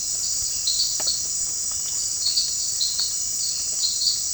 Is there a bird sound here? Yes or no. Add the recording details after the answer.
no. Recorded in pastures near Puerto Asís, Putumayo, Colombia, on 30 June 2025 at 18:00. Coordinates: 0.466, -76.322. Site GP07